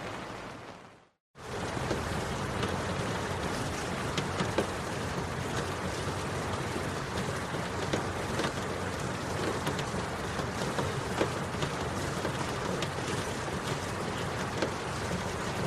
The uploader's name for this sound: Serene Rain Sounds